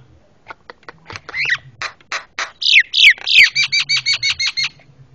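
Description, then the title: Javan myna chattering in a run of harsh clicks and buzzy notes that speed into a rapid, evenly spaced series of bright whistled notes, with low hum behind. Super noisy Javan myna calls, used for training cage birds (masteran). "Jalak Kebo Master Suara Super Berisik Buat Masteran"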